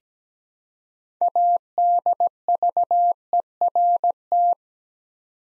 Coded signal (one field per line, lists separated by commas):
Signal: Morse code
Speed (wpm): 17 wpm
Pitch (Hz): 700 Hz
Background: none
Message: ADVERT